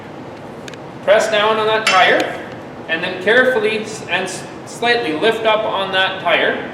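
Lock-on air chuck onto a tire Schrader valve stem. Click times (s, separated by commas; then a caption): 0.7 s. A lock-on chuck on the black air line is pushed onto a tire's Schrader valve stem, a metal chuck on a metal or rubber valve, and clamps in place so both hands are free. It gives two sharp clicks at 0.7 s and 0.7 s as it seats, then someone talks over a low background hum.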